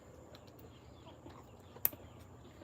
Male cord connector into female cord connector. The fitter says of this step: You're going to hear it click, right?